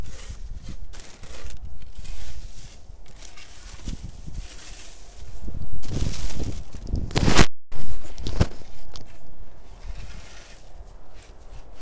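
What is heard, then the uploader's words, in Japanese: Dried radish strips are gathered off a drying rack into a plastic bag, making a continuous crinkly, bright rustle. The handling grows busier and louder between six and eight seconds, with a sharp crackling burst and a brief hush, then steadier rustling resumes. 袋ガサ音 切り干し大根 干し台から回収。千切り大根が寒風にさらされ、カラカラに乾燥して切り干し大根の完成です！周りは冬枯れの畑。干し台から袋に回収します。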